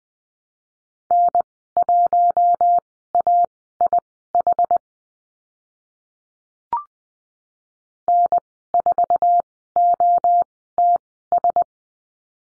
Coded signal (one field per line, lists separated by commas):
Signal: Morse code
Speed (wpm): 20 wpm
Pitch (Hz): 700 Hz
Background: none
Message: N1AIH N4OTS